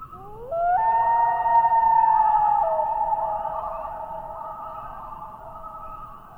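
Common loon wail rising in two quick steps to a sustained haunting tone, then dropping slightly to a softer held note that slowly fades.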